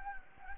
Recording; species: mosquito wingbeat signal from an infrared sensor; Anopheles gambiae